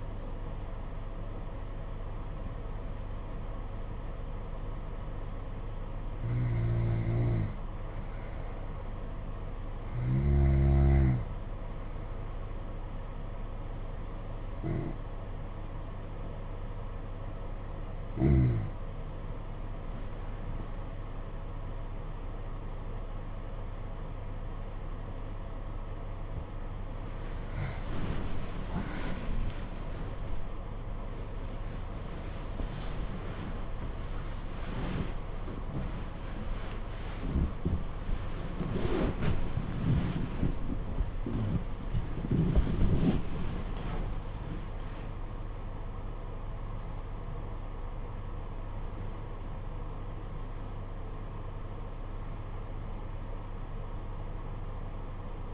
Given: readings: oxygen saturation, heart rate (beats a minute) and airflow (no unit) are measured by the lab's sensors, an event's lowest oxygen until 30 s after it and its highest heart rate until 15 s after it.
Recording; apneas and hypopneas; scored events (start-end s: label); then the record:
breathing in sleep by a smartphone at the bedside; 1
11.00-31.40 s: hypopnea (N2, oxygen 92% highest, then 90% lowest, heart rate 58 at the start, 78 highest)
22.00-55.53 s: new sleep stage, N1 (lightest sleep)
From the record:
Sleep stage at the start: N2 (light sleep); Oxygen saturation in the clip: 90 to 94%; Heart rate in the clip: 57 to 84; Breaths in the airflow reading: 17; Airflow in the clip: -9.4 to 10.6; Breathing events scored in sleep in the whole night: 476 in 9.7 hours asleep